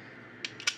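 On a mortise door lock body, the latch bolt is turned from the inside and pushed back into the lock case. Sharp clicks come at about 0.5, 0.6 and 0.7 seconds. The loudest click, at 0.7 seconds, is the bolt dropping into place, and it is seated.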